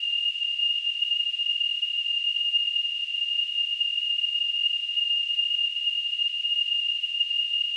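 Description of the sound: Simulated tinnitus: a steady, continuous high-pitched tone near 2.8 kHz with faint hiss above it, no low-frequency content.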